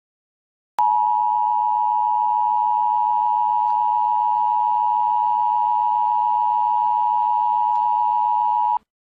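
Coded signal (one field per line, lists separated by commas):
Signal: Emergency Alert System (SAME) tones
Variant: 853 and 960 Hz attention tone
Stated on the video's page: Fictional EAS scenario based on the novel Fahrenheit 451, not a real alert.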